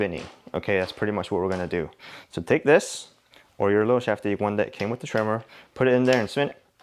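A spindle lock shaft, the little one that came with the trimmer, is put into the head of a Milwaukee M18 Fuel string trimmer fitted with a T35 Speedfeed 400 head. The head is spun so the locking pin catches in the spindle hole. Someone talks throughout, and a faint short sound comes at 6.8 s; nothing has seated or clicked yet.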